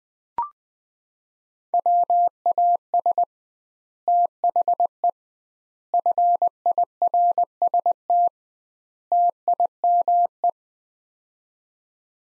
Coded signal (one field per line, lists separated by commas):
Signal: Morse code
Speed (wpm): 20 wpm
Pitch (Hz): 700 Hz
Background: none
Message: WAS THE FIRST TIME